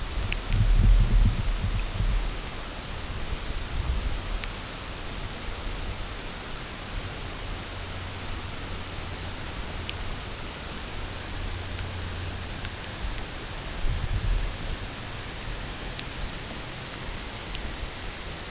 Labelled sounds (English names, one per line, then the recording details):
none
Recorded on Arctic tundra, site UTQI-8, on 16 June 2019
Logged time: 00:00